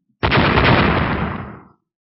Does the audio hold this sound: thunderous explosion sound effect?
yes